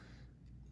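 A plastic wiring harness connector on a NordicTrack x11i treadmill is pushed toward its mating connector the wrong way round, with only a steady low hum and faint rubbing and no sharp snap. The connector does not fit in that orientation, and nothing has seated or clicked yet.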